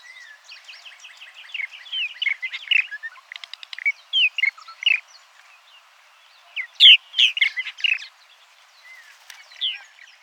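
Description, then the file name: Purple martin chattering song, a rapid jumble of gurgling and chirping notes with rising whistles, in several louder bursts. "progne subis"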